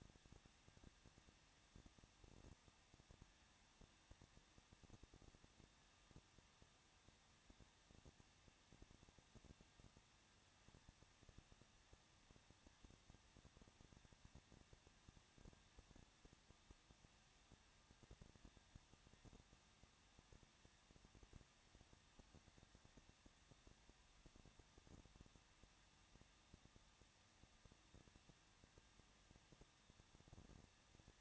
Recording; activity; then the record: daily activity, microphone in the room; no activity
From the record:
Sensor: 3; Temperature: 21.2 degrees Celsius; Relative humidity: 36.2%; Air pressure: 1006.5 hPa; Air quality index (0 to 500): 220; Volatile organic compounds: 39 ppm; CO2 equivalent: 3128 ppm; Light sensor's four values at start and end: 2/3/2/2 and 2/3/2/2